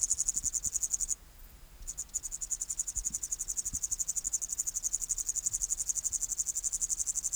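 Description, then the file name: Upland green bush-cricket song, a high, continuous buzzing trill of rapid pulses, briefly breaking off for under a second near the start before resuming steadily. "Tettigonia cantans"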